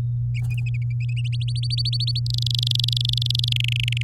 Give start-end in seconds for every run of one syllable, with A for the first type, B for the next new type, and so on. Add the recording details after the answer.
1.24-2.20 A, 2.26-3.53 B, 3.56-4.02 C. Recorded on 9 May 2018 at 08:17. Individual llb16